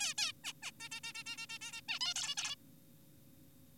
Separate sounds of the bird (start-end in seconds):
0.00-0.14, 0.18-0.32, 0.44-0.53, 0.63-0.71, 0.80-0.89, 0.92-1.00, 1.04-1.13, 1.15-1.24, 1.26-1.37, 1.38-1.46, 1.50-1.59, 1.61-1.81, 1.89-1.99, 2.01-2.14, 2.16-2.35, 2.38-2.56